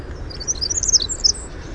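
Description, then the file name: Winter wren song, a rapid tumbling series of very high, tinkling notes and trills, bright and jumbled, over faint low background hum. "WIWR song"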